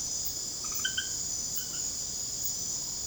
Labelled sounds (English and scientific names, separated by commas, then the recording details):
none
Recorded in secondary vegetation near Puerto Asís, Putumayo, Colombia, on 21 December 2024 at 21:00
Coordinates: 0.489, -76.322
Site G059